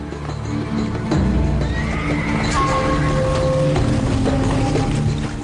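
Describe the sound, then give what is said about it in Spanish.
A horse neighs and whinnies in a long, wavering cry that rises and falls in pitch, with a steady background rumble and faint clattering underneath. “Y allí podían encontrar los legendarios caballos celestes que el emperador Wu Di tanto deseaba, porque con ellos podía perfeccionar su nuevo arte de guerra.”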